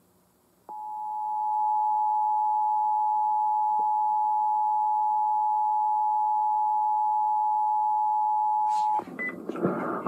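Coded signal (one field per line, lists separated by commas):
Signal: Emergency Alert System (SAME) tones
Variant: 853 and 960 Hz attention tone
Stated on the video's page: Real child abduction emergency received on an FM radio station using a Sangean CL-100 radio.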